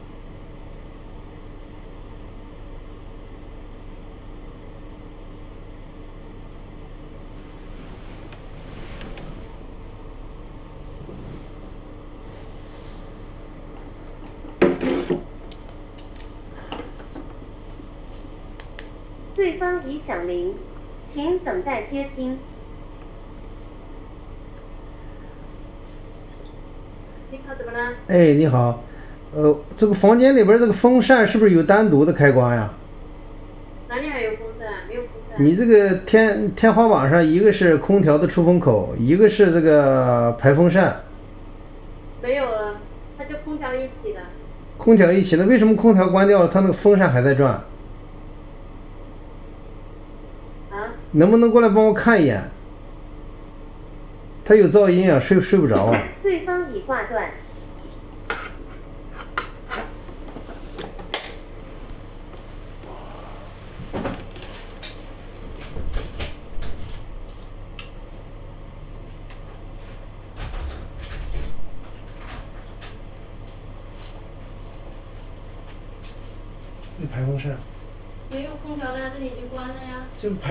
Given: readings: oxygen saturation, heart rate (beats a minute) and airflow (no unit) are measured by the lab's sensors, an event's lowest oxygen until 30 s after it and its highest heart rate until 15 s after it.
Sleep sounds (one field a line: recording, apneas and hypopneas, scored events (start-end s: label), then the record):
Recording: a person awake in a sleep study, by a smartphone at the bedside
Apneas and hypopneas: none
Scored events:
0.00-80.51 s: awake
From the record:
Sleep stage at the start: awake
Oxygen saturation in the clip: 93 to 97%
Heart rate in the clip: 48 to 73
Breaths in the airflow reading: 23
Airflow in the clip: -6.8 to 10.5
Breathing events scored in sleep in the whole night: 207 in 7.6 hours asleep